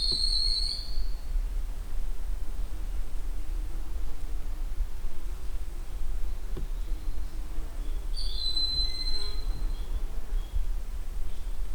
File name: Broad winged Hawk